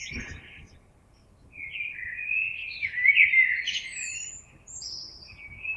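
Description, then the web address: Common blackbird singing one fluted phrase that swells in the middle and trails off into high, scratchy notes; a few soft low thumps at the start. Recorded on 26 April 2022. "oiseaux Merle 2022 04 26"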